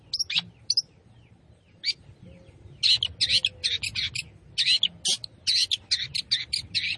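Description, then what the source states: Long-tailed shrike singing a busy mix of scratchy, harsh notes and sharp chirps, building into a dense, energetic stretch. Singing lively in the gacor style.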